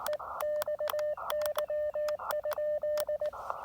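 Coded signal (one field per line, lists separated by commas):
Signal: Morse code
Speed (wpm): 17 wpm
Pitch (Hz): 590 Hz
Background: radio noise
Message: EXY?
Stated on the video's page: State game land activation with an Elecraft KX2 at 5 watts into a not-so-resonant wire antenna.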